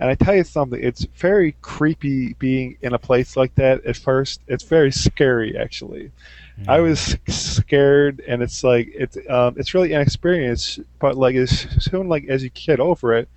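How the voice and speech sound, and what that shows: Adult man from New York speaks mostly fluently, with stretched sounds and hesitant pauses before words, fitting mild stuttering. He has stuttered since about age 8; it worsened around age 17-18 along with social anxiety, and has since improved with support groups, therapy and medication (Lexapro, Abilify).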